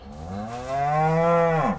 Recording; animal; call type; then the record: contact call of a hoofed animal; cattle; low-frequency (closed-mouth) or high-frequency (open-mouth) call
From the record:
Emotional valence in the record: positive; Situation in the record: visual reunion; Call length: 1.79 s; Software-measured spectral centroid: 1540 Hz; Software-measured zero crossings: 1480 a second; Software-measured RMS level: -23 dBFS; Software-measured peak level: -10 dBFS